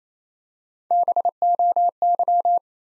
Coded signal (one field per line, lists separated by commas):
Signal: Morse code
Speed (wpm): 29 wpm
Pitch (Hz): 700 Hz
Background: none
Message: BOY